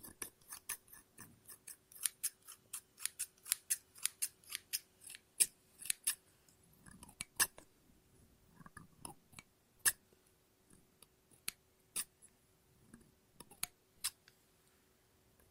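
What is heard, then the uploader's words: Scissors snip through paper in quick, crisp clicks, densely packed for the first six seconds, then spaced out with pauses between single cuts. Each snip is a sharp, bright tick. A faint steady hum and soft rustling of paper sit underneath. ASMR Scissors No Talking Snips and Cutting Paper.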